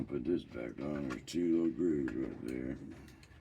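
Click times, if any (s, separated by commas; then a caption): none. Someone talks while handling the plastic battery cover of an RC crawler truck, lining it up with two small grooves on the chassis to fit it back on. Nothing has seated or clicked yet; the cover is not yet home when the clip ends.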